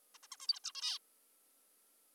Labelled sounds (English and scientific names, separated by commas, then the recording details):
Zebra Finch (Taeniopygia guttata)
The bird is an adult
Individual g19o3U